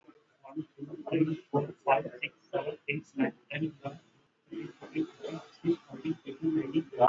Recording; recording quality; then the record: counting at a normal pace; moderate, slight background noise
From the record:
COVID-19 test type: RT-PCR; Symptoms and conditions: cough, cold, fever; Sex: female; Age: 35 years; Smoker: no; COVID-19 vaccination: both doses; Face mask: worn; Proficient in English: yes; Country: India